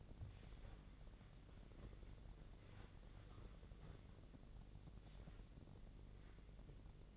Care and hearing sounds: daily activity, microphone in the room; wipe stove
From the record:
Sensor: 4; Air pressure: 1013.2 hPa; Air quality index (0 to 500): 178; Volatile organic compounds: 2 ppm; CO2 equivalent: 1119 ppm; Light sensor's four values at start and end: 96/240/99/105 and 96/240/99/105

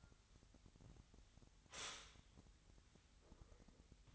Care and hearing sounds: daily activity, microphone in the room; stop toaster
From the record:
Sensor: 3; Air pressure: 1001.8 hPa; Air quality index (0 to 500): 245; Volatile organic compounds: 49 ppm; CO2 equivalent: 3277 ppm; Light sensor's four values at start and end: 14/42/18/16 and 14/42/18/16

